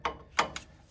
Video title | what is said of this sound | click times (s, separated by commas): Dodge Ram 2500/3500 Upper & Lower Balljoints Plus Hub Bearing Assembly Replacement How-To | And there we go. You can see that snapped into place. | 0.4 s